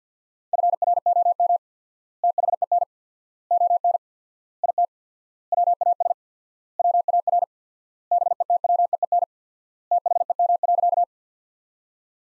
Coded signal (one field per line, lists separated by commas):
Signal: Morse code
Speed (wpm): 50 wpm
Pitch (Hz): 700 Hz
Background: none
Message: FROM THEN ON IT WAS WAR BETWEEN THEM.